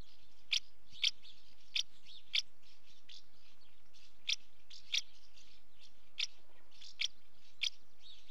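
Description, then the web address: House martin calls: short dry chirps repeated at irregular intervals of about half a second to two seconds. Female calling at the nest. "BBC Sound Effects Library. House Martin"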